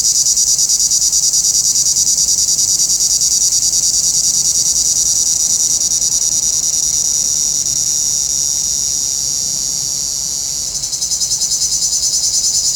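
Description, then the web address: Cicada song: an intense, high, whirring drone with quick regular pulses that dips briefly near the end before surging again. "Nature Sounds – Nature Chill Out 2014. Sounds from a Rnewood Cicadas"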